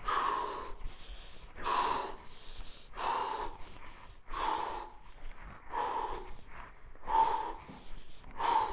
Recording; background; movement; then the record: deep breathing; quiet; walking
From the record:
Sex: male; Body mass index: 22.0 kg/m2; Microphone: on the chest, facing the body